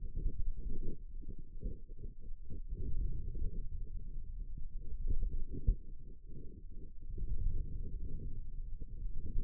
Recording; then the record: forearm muscle sounds (acoustic myography)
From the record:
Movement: ulnar deviation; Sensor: system 2, bracelet of six BSWA MPA416 microphones around the upper forearm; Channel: 4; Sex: male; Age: 22 years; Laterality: right